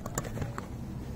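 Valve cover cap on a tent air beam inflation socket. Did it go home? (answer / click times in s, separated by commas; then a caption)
yes / 0.2 s, 0.6 s. A fabric and plastic valve cover cap is closed over the air beam inflation socket, where the pump connects, on an Outdoor Revolution Kalahari PC 7.0 family tent and snapped shut. Sharp plastic clicks land at 0.2 s and 0.6 s over a low background hum, and the cap locks into place.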